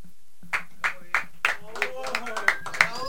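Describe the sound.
An audience claps in a steady rhythm, about three sharp claps per second, with voices and tonal sounds carrying on underneath.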